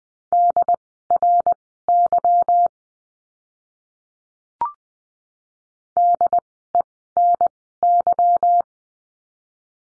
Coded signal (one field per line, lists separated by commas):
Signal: Morse code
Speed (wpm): 20 wpm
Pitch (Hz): 700 Hz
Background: none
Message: DRY DENY